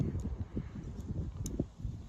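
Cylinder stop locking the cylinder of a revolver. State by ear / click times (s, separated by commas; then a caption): not seated / none. A Rock Island Armory/Armscor 200 .38 Special double-action revolver is handled during a timing check, with the hammer cocked while the cylinder is dragged so the cylinder stop locks it up before the hammer is fully back, and this chamber is judged good. Low, muffled handling rumble is heard with faint brief ticks near 0.2, 1.5 and 1.6 seconds. Nothing has seated or clicked yet.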